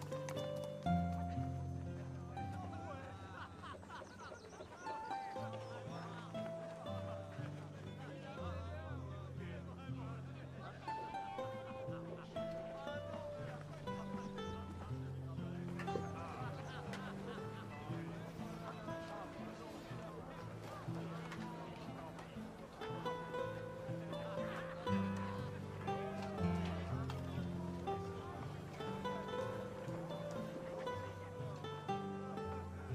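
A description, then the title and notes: Music plays steadily throughout a quiet medieval town scene, with held low bass notes under shifting melody lines and faint chatter mixed in. Quiet medieval town | distance music/chatter/horse cart.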